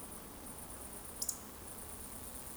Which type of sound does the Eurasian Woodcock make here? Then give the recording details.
whistle. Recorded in Baden-Württemberg, Germany, on 25 June 2020 at 20:34 UTC. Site 14569, 102 m above sea level